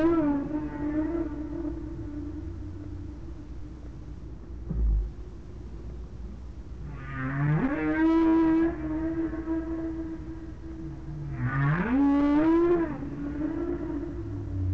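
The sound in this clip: Whale moans: two long rising, harmonic-rich cries swelling and fading, with steady droning tones and low rumble between them.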